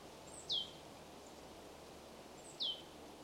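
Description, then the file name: Marsh tit calls: two sharp, high notes sweeping steeply downward, about two seconds apart, over a steady hiss of background noise. "Poecile palustris"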